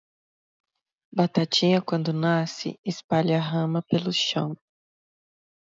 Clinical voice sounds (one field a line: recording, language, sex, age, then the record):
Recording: short text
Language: Brazilian Portuguese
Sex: female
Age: 40 to 49 years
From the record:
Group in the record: control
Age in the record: 46 years